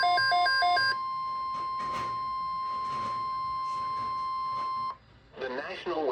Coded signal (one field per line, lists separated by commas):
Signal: Emergency Alert System (SAME) tones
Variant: 1050 Hz attention tone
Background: speech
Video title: Franktown CO, NOAA Weather Radio - EAS #11-20 Compilation (SVA, SVRs, and FFW) - August 26th, 2026